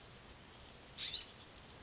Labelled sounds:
California Scrub-Jay

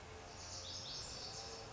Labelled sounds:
Lazuli Bunting

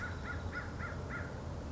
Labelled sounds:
American Crow

